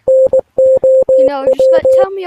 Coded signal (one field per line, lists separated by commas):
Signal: Morse code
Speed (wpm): 19 wpm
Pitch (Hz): 520 Hz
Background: speech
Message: NOW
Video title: Translate the Morse code